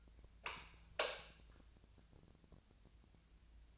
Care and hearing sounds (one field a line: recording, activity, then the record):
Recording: daily activity, microphone in the room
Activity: light on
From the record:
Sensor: 2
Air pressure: 999.8 hPa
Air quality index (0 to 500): 118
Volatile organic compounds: 2 ppm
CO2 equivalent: 1009 ppm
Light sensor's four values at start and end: 32/81/34/39 and 37/99/41/46